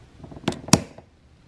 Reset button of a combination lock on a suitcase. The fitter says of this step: until you hear the click sound and now you reset to the code you want